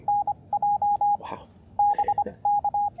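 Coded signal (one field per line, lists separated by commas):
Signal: Morse code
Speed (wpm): 25 wpm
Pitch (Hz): 820 Hz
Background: radio noise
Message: NJ BK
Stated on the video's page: Park activation using an Elecraft K1, CW Morse TSL1 single-lever paddle, battery power, and a CHA LEFS 4010 antenna at a state park.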